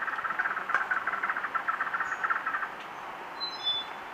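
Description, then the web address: Uniform antshrike giving a rapid, steady rattle of nasal notes, with faint high chirps from other birds afterward. Recorded in Ecuador. "Natures Songs S America Birds of Ecuador Uniform Antshrike"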